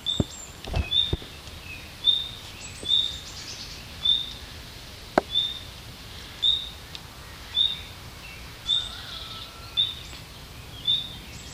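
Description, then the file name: Common nightingale repeating a thin, high, rising whistle about once a second, around ten times, with scattered clicks or taps and a faint lower whistle near the end. "Luscinia megarhynchos"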